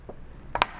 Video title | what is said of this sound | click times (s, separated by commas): Testing and Ranking SEVEN Strange Products by Request! | Oh, it does snap. It took a lot of force, but it did snap. | 0.6 s